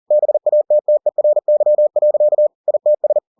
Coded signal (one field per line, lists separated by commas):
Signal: Morse code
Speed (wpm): 40 wpm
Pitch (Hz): 600 Hz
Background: none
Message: BATTERY. ITS